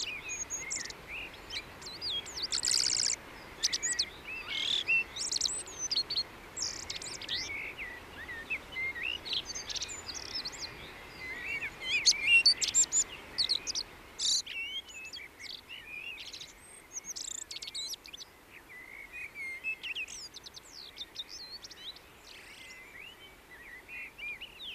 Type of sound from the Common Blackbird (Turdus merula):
song